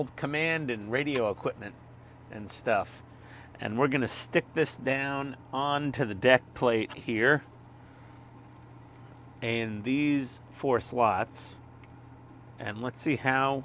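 A plastic command and radio equipment assembly for a 1:48 scale U96 U-Boat model is lined up over the submarine's deck plate and its four slots before being pressed down. Someone talks throughout over a steady low hum, with one faint brief tap near 11.8 seconds. The part has not clicked or seated yet.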